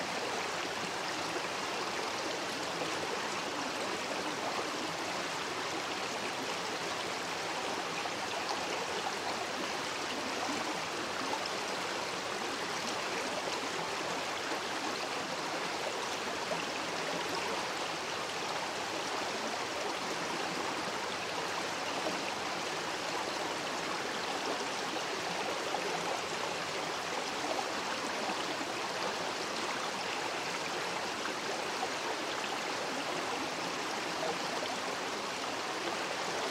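A creek runs steadily in the predawn dark, a dense, unbroken rush of water. The sound is full and even for the whole stretch, strongest in the bright hiss of the middle and upper range, with a soft low burble underneath and no other sounds.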